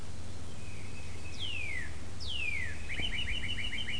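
Bird calls: two clear whistles sliding steeply downward, followed by a rapid trill of repeated notes, all over a constant low hum.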